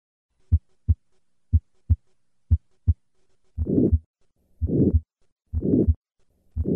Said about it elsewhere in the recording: The murmur of aortic stenosis is systolic and harsh in quality. This murmur is heard with the patient leaning forward and the stethoscope at the second right intercostal space. I will begin with 3 normal beats and then add the murmur. has a diamond shape and ends before the aortic component of the second heart sound. The later the murmur peaks, the more severe the stenosis.